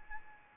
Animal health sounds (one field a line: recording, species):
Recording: mosquito wingbeat signal from an infrared sensor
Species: Anopheles arabiensis